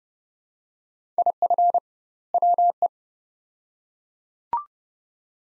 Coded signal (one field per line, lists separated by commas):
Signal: Morse code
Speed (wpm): 31 wpm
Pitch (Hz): 700 Hz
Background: none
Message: IF WE